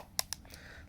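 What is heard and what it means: The padded lid of a plastic console carrying case is closed over the console and snaps shut, with two sharp clicks at 0.2 s and 0.3 s. A few faint knocks follow, and the case ends up closed and latched.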